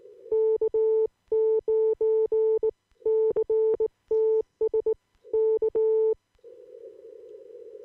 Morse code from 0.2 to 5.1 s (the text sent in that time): K9CTS